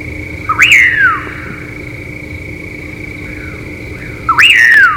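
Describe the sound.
Common pauraque whistled song, two rising-then-falling slurred notes roughly four seconds apart, with a constant tonal hum and soft background noise.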